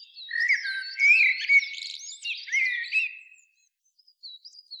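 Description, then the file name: Common blackbird song: mellow warbling notes run into a rapid squeaky twitter. After a short pause come a few faint high notes. "Turdus merula"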